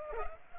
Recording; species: mosquito wingbeat signal from an infrared sensor; Culex pipiens